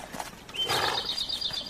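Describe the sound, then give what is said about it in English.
One of several horses being picketed under trees lets out a high, wavering whinny lasting about a second, with a few soft hoof clops and shuffling beneath it. “I will picket the horses over here.”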